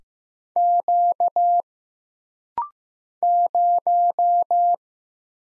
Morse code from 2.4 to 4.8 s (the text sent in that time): 0